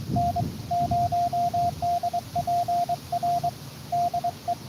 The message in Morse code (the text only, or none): N0DPR DE